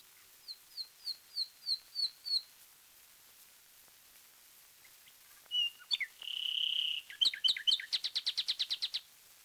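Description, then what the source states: Common nightingale song: a run of several quick repeated chirps, a pause, then a sustained buzzy note and a rapid, rhythmic trill of repeated clicking notes. From a 1936 disc of wild bird songs, side A.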